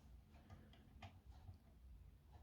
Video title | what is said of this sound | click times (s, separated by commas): REVIEW: AUTOart Signature 1:18 & 1:43 Lamborghini Sesto Elemento | and it clicks back into place with a few magnets as well so | 1.0 s